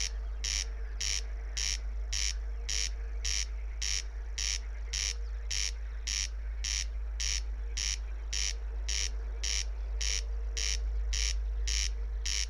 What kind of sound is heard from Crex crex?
song